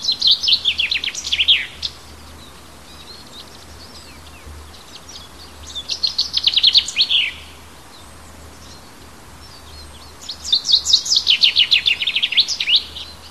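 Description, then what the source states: Bird song in three bursts, each a quick run of high, downward-sweeping chirps, with quiet between phrases. Native hedge bird, March.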